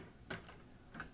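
A flame-rated polymer sidewall panel is pressed further home onto a cable tray frame, giving a sharp mechanical snap at 0.3 s followed by softer clicks near 0.5 s and 1.0 s. Someone talks. The sidewall finishes seating.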